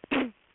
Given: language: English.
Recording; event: throat vibration sensor signal played as sound; cough